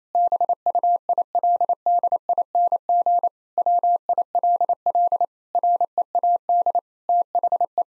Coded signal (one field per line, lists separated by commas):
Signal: Morse code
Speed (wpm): 28 wpm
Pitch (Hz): 700 Hz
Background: none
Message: BUILDING WILL READ THE